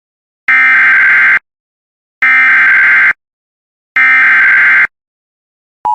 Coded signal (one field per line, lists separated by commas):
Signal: Emergency Alert System (SAME) tones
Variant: header bursts